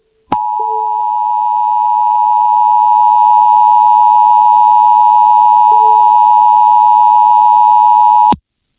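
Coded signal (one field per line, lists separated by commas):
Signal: Emergency Alert System (SAME) tones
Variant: 853 and 960 Hz attention tone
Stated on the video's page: EAS alert for a 911 outage in Michigan as broadcast on an FM station, screen-recorded on an iPhone.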